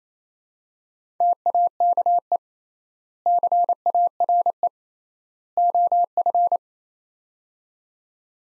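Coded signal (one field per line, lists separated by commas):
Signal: Morse code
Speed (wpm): 28 wpm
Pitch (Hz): 700 Hz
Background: none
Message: TAKE CARE OF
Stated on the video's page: Morse practice of three-word sets at 28 wpm with 3x word spacing, a Farnsworth-like method applied to words.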